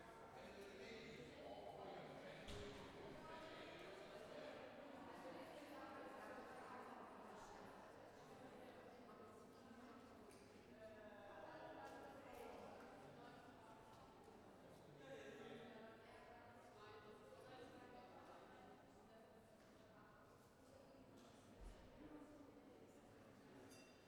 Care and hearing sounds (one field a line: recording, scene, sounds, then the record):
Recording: everyday scene through a hearing-aid microphone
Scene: reverberant space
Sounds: background noise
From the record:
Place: railway station hall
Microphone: behind the ear, left, rear